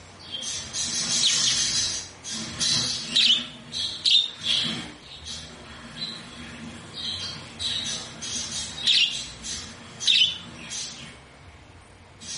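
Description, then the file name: Budgerigar chattering song, a busy run of scratchy squawks and bright high chirps coming in uneven bursts throughout. White budgerigar. "canto do periquito australiano branco"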